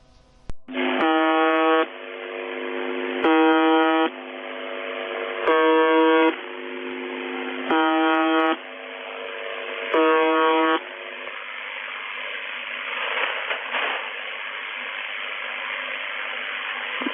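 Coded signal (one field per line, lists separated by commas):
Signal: channel marker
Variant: UVB-76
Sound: five harsh, low, buzzing bursts about a second long, roughly every 2.4 seconds, then hiss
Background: radio static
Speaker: vamos a poner a la gente ese pequeño VIP para que vea como suena y pueda evaluar exactamente qué tipo de emisión se hace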